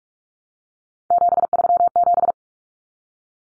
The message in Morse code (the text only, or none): 737